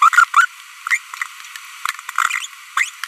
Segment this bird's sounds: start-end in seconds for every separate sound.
0.02-0.09, 0.13-0.24, 0.34-0.45, 0.87-0.97, 2.77-2.85